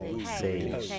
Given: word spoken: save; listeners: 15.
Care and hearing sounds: one English word in noise, from a listening test; four-talker babble; 0.1 dB; 1 of 15; 6 of 15; 0.59 s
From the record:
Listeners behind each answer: 6, 1, 1, 1, 1, 1, 1, 1, 1, 1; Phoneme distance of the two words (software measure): 10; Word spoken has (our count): 1 syllable, 3 phonemes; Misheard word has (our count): 1 syllable, 3 phonemes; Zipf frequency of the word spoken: 5.05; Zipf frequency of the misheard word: 3.68

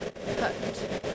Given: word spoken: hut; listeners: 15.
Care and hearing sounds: one English word in noise, from a listening test; noise modulated by three-talker babble; -4.2 dB; 0 of 15; 8 of 15; 0.75 s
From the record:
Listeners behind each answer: 8, 6, 1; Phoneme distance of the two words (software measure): 10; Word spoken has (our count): 1 syllable, 3 phonemes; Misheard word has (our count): 1 syllable, 3 phonemes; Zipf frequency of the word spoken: 3.82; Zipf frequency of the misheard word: 5.99

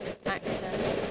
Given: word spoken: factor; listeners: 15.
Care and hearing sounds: one English word in noise, from a listening test; noise modulated by three-talker babble; -6.1 dB; 2 of 15; 11 of 15; 0.71 s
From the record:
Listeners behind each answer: 11, 2, 1, 1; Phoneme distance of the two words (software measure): 7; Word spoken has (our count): 2 syllables, 5 phonemes, stress on syllable 1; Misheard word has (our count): 2 syllables, 4 phonemes, stress on syllable 1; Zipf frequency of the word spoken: 4.50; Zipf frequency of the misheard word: 4.54

